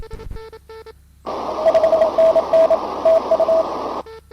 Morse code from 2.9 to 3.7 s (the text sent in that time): TU